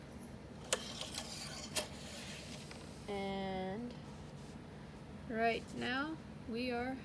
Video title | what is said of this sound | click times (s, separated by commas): Oil Change | All the way till it clicks. | 0.7 s